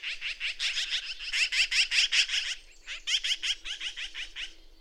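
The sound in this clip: Bird song: fast series of sharp, high chipping notes, with a short break before the run continues more softly.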